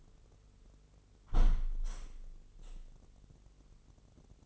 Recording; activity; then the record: daily activity, microphone in the room; close window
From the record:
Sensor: 4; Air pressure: 996.5 hPa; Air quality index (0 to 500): 81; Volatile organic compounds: 4 ppm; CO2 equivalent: 1537 ppm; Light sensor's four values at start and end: 21/55/21/23 and 20/53/20/22